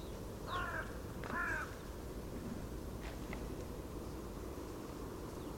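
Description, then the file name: Carrion crow giving two harsh caws in quick succession early on, then faint thin bird calls over a steady low background rumble. "Corvus corone"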